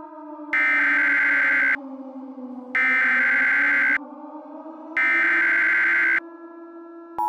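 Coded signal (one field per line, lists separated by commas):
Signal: Emergency Alert System (SAME) tones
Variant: header bursts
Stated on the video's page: Fictional EAS scenario with valid tones.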